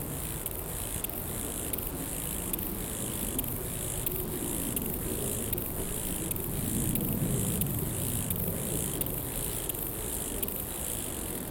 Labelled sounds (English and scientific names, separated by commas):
Lesser Marsh Grasshopper (Chorthippus albomarginatus) stridulation